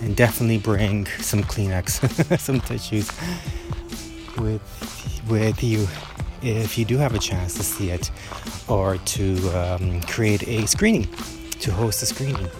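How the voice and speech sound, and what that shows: A low-pitched adult male voice speaks with a whole-word repetition ("with… with"), several stretched sounds and hesitation pauses around a filler "um". Between these breaks the speech flows easily. These mild repetitions and prolongations fit stuttering.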